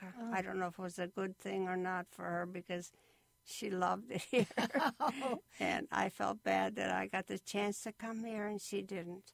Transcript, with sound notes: I don't know if it was a good thing or not for her because she loved it here (they laugh) and I felt bad that I got the chance to come here and she didn't.